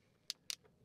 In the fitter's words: And we just hear that clicking sound once again to know where we're properly